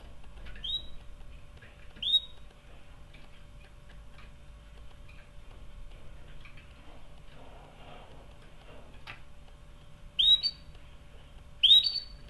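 Canary giving short upslurred whistled chirps, four in all, two early and two near the end, over a steady low hum with faint clicks.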